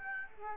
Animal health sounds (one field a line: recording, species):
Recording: mosquito wingbeat signal from an infrared sensor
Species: Aedes aegypti